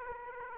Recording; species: mosquito wingbeat signal from an infrared sensor; Aedes aegypti